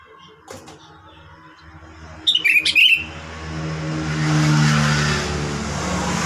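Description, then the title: Sooty-headed bulbul singing one quick bubbly phrase, followed by the rising roar of a vehicle. "Kutilang"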